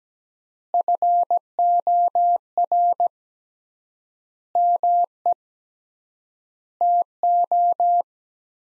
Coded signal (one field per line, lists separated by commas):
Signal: Morse code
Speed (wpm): 17 wpm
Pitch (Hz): 700 Hz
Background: none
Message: FOR ME TO